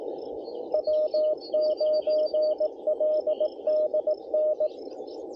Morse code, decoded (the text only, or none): W9LDN